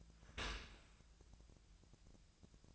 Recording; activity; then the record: daily activity, microphone in the room; open dishwasher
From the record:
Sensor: 2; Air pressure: 1000.4 hPa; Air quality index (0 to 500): 163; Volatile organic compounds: 3 ppm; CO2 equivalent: 1350 ppm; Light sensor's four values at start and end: 11/31/12/14 and 11/31/12/14